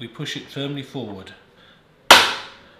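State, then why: Seated. Someone talks, then the chain brake lever on a petrol chainsaw is pushed firmly forward until it engages. A single sharp, loud click rings out at 2.1 seconds and decays quickly, and the chain brake locks on.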